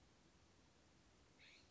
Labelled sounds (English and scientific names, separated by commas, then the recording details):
California Scrub-Jay (Aphelocoma californica)
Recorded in Sonoma County, California